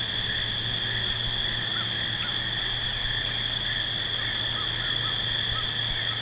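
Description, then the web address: Field crickets in a steady high trilling chorus, joined by a few short, soft lower chirps and a faint low hum. Several field crickets at night. "Dr Sound Effects. Field Crickets At Night"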